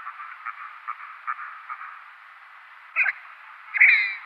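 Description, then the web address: Red-breasted merganser calling in display, with faint irregular ticks, then a short harsh note and a louder, drawn-out slurred call at the close. A pair performing display. "Schulze Peter Red-breasted Merganser"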